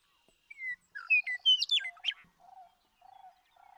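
Western meadowlark song of whistled slurred notes breaking into a rich, gurgling flourish, followed by soft low trilled chatter.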